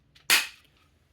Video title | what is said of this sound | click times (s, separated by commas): Hummer H2 Adapter Set – 7" Headlight and 4" & 4.5" DRL/Fog – Clean Bolt-On Upgrade, No Cutting | And it snaps right into place. | 0.2 s